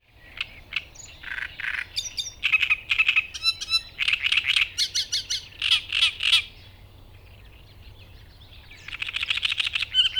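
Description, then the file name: Great reed warbler song, loud harsh croaking phrases of repeated grating syllables in quick bursts, a long pause, then a rapid churring run. "Drosselrohrsaenger Gesang"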